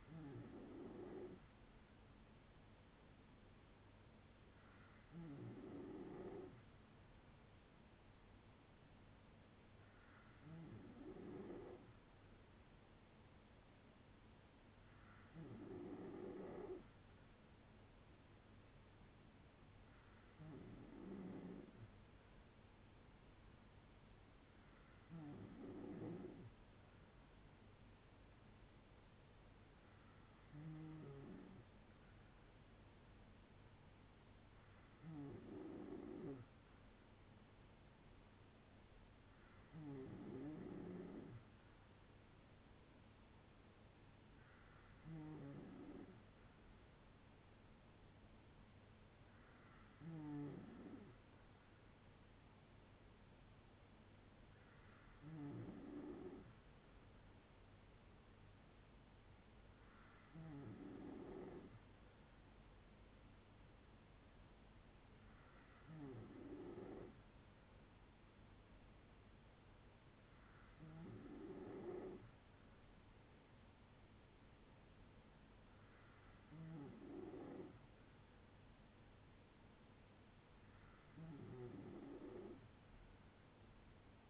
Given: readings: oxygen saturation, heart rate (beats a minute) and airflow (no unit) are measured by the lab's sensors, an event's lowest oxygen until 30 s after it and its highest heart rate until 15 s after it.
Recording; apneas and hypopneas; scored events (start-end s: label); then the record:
breathing in sleep by a voice recorder at the bedside; none
21.00-81.00 s: new sleep stage, N2 (light sleep)
81.00-84.30 s: new sleep stage, N3 (deep sleep)
From the record:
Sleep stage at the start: N3 (deep sleep); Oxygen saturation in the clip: 93 to 95%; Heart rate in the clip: 57 to 71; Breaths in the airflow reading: 17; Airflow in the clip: -5.8 to 4.0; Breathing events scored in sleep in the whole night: 182 in 7.4 hours asleep